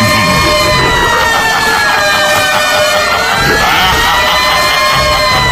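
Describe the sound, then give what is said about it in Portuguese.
A siren sound effect: sustained siren tones glide and overlap in steady wailing lines, loud and continuous, over a dense background of crowd noise and bassy music. “Atenção! Podem soar as sirenes.”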